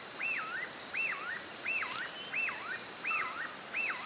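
Spotted puffbird repeating a looping whistle that rises, dips and rises again, six phrases less than a second apart, above a continuous high-pitched insect drone.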